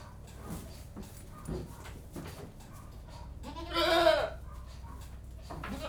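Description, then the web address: Goat giving a single quavering bleat midway, with soft shuffling, thuds and rustling around it. General atmosphere inside a goat house. "BBC Sound Effects Library - Livestock 1 General Atmosphere In Goat-House"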